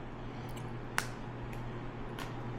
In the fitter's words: And it just snaps into place and you're ready to go.